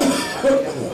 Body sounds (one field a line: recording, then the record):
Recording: coughing mixed with background sound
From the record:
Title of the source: Residual Phlegmy Morning Coughing and Gagging